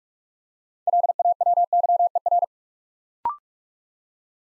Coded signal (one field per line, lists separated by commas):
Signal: Morse code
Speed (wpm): 45 wpm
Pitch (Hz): 700 Hz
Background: none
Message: LAWYER